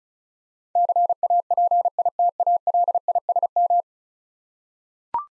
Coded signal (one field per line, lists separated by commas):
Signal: Morse code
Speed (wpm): 36 wpm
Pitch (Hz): 700 Hz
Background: none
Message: CAPITALISM